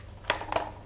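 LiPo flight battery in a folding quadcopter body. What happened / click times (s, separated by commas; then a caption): The battery latch clicked open / 0.3 s. The securing latches on both sides of a Hubsan Zino 2 folding quadcopter's LiPo flight battery are slid to release it from the drone body. A loud, sharp click at 0.3 s marks the latch opening, followed by a softer click at about 0.6 s. The battery is released and can be removed.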